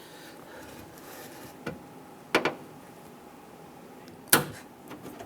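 A plastic wire harness retainer is pushed into a hole in the inner door panel of a 2002–2008 Dodge Ram 1500 rear door. Softer knocks sound near 1.7 s and a paired clack at 2.4 s and 2.5 s. The retainer snaps in with a sharp click at 4.3 s and is confirmed seated.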